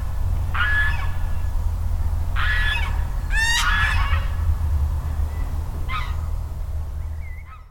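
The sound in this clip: Goose: geese giving harsh honking calls in a few bursts, one loud nasal honk near the middle, over a steady low rumbling background.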